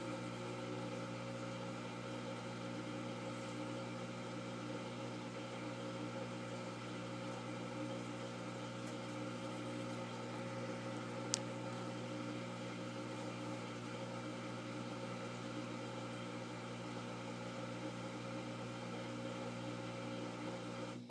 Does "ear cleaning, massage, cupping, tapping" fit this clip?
no